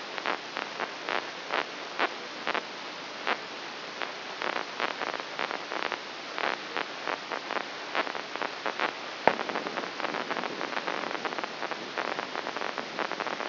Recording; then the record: brain microelectrode recording played as sound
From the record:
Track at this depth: inside the subthalamic nucleus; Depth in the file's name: 4.31 mm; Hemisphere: left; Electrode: 3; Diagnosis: Parkinson's disease